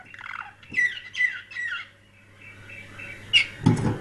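Canary song: a short burst of slurred, downward warbled notes, a quieter stretch, then a sharp chirp and a low rustling thud at the end.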